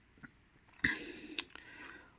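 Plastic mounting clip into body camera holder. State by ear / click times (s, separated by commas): seated / 0.8 s, 1.4 s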